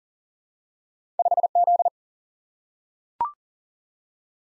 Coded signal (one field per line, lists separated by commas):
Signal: Morse code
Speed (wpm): 38 wpm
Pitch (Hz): 700 Hz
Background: none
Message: 5Z